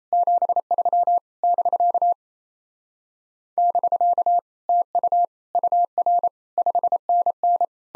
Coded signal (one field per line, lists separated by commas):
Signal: Morse code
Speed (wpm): 38 wpm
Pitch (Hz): 700 Hz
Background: none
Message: 73 <BK> <BK> TU UR 5NN